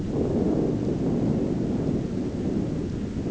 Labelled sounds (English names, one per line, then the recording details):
none
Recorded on Arctic tundra, site ZACK-1, on 15 June 2019
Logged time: 19:49